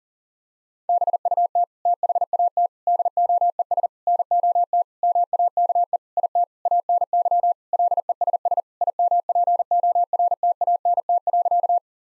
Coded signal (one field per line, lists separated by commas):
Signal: Morse code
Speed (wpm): 40 wpm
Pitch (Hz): 700 Hz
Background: none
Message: BUT THAT DOES NOT MAKE IT ANY LESS IMPORTANT.